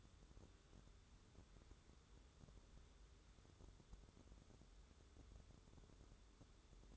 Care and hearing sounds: daily activity, microphone in the room; wipe stove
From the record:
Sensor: 3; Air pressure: 1015.1 hPa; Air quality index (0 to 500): 89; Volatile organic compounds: 2 ppm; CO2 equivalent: 1206 ppm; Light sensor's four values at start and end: 15/39/16/17 and 15/39/16/17

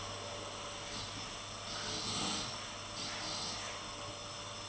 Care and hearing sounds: daily activity, microphone in the room; vacuum cleaning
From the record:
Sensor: 4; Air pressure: 989.5 hPa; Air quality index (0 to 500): 216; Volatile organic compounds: 67 ppm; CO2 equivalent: 3493 ppm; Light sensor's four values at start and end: 26/91/33/35 and 26/91/33/35

